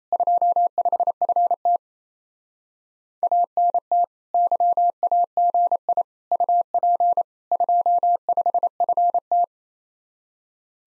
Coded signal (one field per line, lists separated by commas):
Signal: Morse code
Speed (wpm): 34 wpm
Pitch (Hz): 700 Hz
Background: none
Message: 25FT ANT YAGI UP 25FT